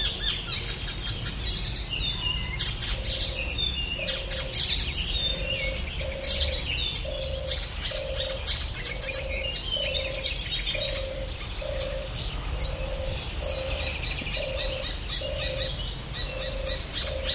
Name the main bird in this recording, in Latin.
Hippolais icterina